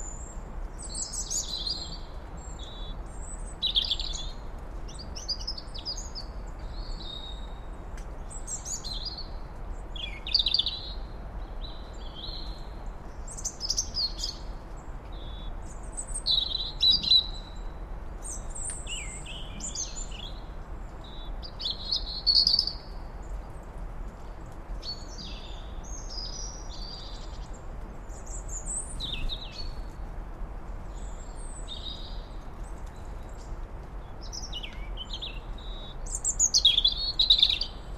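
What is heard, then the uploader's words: Robins, goldfinches and a song thrush sing at dawn, with bright chirps, trills and short whistled phrases scattered throughout, sometimes overlapping. The calls come in irregular bursts, busiest around 10, 17, 22 and 37 seconds, over a soft, steady low hiss. Birdsong Sounds of Sunrise: Forest Harmony. As the dawn light starts to filter through the trees, the birds begin to sing. The robin's clear, melodic trill cuts through the air, joined by the cheerful chirping of the goldfinch. The songthrush adds its own rich, fluty notes to the chorus.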